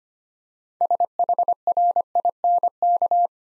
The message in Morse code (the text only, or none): SHRINK